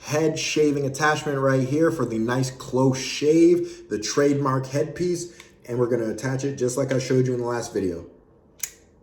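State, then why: Seated. Someone talks, then the head-shaving attachment is pushed onto the plastic body of a BaldiePro electric head shaver. It seats with one sharp click at 8.6 seconds.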